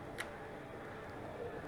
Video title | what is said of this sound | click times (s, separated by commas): 2013 Ford Taurus Water Pump Replacement Part 3 | Once the tensioner is lubricated, simply snap it into place. | 0.2 s